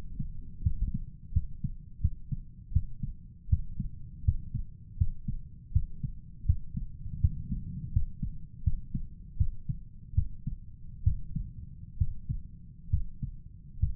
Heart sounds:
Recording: heart sounds by stethoscope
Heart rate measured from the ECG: 77 bpm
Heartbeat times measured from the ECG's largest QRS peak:
0.62 s: heartbeat
1.32 s: heartbeat
2.00 s: heartbeat
2.72 s: heartbeat
3.49 s: heartbeat
4.24 s: heartbeat
4.97 s: heartbeat
5.72 s: heartbeat
6.45 s: heartbeat
7.20 s: heartbeat
7.92 s: heartbeat
8.63 s: heartbeat
9.37 s: heartbeat
10.14 s: heartbeat
11.03 s: heartbeat
11.97 s: heartbeat
12.90 s: heartbeat
13.79 s: heartbeat
From the record:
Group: healthy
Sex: male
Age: 35 years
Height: 178 cm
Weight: 64 kg

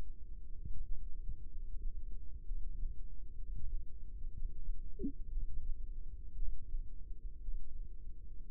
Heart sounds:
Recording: heart sounds by microphone in the left ear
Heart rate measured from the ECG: 60 bpm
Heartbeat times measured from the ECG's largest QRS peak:
0.52 s: heartbeat
1.48 s: heartbeat
2.44 s: heartbeat
3.35 s: heartbeat
4.32 s: heartbeat
5.30 s: heartbeat
6.35 s: heartbeat
7.41 s: heartbeat
8.50 s: heartbeat
From the record:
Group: healthy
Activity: Valsalva maneuver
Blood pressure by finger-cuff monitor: 79/48 mmHg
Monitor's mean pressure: 53 mmHg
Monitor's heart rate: 62 bpm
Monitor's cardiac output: 4.6 L/min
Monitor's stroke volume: 74 mL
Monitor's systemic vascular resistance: 780 dyn s/cm5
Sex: female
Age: 28 years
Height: 170 cm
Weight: 77 kg

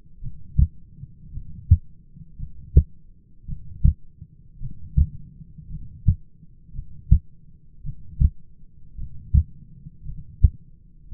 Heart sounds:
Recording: heart sounds by stethoscope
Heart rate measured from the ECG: 55 bpm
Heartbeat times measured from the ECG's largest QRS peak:
0.21 s: heartbeat
1.32 s: heartbeat
2.38 s: heartbeat
3.47 s: heartbeat
4.60 s: heartbeat
5.69 s: heartbeat
6.73 s: heartbeat
7.83 s: heartbeat
8.97 s: heartbeat
10.04 s: heartbeat
11.10 s: heartbeat
From the record:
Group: heart failure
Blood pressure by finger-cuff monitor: 99/60 mmHg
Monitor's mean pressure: 72 mmHg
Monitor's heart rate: 55 bpm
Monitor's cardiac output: 5.9 L/min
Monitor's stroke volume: 109 mL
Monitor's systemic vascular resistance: 860 dyn s/cm5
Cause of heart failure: dilated cardiomyopathy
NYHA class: 2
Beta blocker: bisoprolol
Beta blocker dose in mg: 10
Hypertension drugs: sacubitril-valsartan, spironolactone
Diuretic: furosemide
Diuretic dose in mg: 40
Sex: male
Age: 29 years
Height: 174 cm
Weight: 92 kg

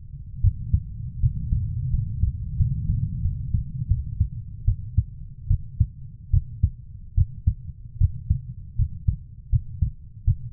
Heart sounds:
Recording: heart sounds by stethoscope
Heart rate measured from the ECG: 79 bpm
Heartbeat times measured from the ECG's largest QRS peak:
0.41 s: heartbeat
1.20 s: heartbeat
1.91 s: heartbeat
2.57 s: heartbeat
3.22 s: heartbeat
3.88 s: heartbeat
4.65 s: heartbeat
5.48 s: heartbeat
6.31 s: heartbeat
7.15 s: heartbeat
7.98 s: heartbeat
8.76 s: heartbeat
9.50 s: heartbeat
10.25 s: heartbeat
From the record:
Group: healthy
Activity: rest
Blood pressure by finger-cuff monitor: 119/74 mmHg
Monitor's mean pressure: 93 mmHg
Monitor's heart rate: 75 bpm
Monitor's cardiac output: 6.6 L/min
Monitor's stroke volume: 87 mL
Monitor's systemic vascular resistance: 1030 dyn s/cm5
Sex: female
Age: 24 years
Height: 163 cm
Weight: 55.7 kg

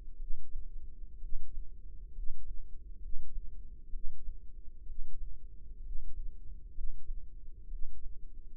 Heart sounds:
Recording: heart sounds by microphone in the left ear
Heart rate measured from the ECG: 64 bpm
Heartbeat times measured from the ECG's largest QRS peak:
0.16 s: heartbeat
1.18 s: heartbeat
2.11 s: heartbeat
2.98 s: heartbeat
3.89 s: heartbeat
4.84 s: heartbeat
5.80 s: heartbeat
6.71 s: heartbeat
7.67 s: heartbeat
From the record:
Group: healthy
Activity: rest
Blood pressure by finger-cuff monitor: 103/66 mmHg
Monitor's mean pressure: 76 mmHg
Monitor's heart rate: 63 bpm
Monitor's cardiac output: 5.1 L/min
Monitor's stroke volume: 81 mL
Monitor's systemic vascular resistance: 1070 dyn s/cm5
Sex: female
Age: 22 years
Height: 171 cm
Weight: 65.6 kg

